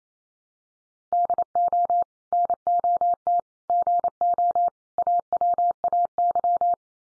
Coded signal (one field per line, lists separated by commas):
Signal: Morse code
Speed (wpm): 28 wpm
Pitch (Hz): 700 Hz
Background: none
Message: DO NOT GO AWAY